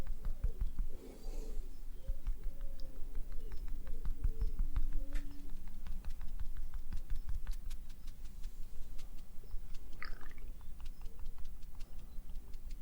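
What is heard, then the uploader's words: Close, dense tapping and clicking sounds repeat rapidly throughout, over a low rumble, with soft brushing and a brief bright squeak near ten seconds. ASMR Doing Your Makeup Roleplay up close personal attention, layered sounds + tapping.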